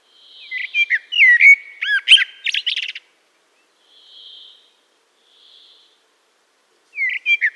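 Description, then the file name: Common blackbird song phrase of rich warbled whistles ending in sharp high squeaks, then a quiet pause with faint hissing before the next phrase begins. "Turdus merula"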